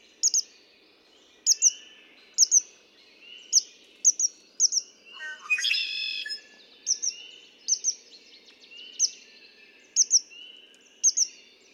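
Red-winged blackbird song, a single rough buzzy burst midway among many sharp high double chip notes repeating steadily throughout.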